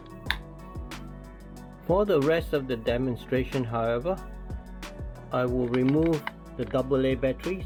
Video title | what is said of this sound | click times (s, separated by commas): Good buy. BOSCH GLL 3-80 CG laser level review | and push to click. | 0.3 s